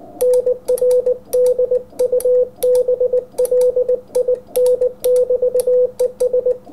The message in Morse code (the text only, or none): NRDUBLIN<BT>ES